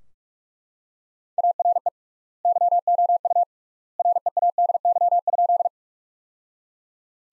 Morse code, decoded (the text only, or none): ARE YOU READY?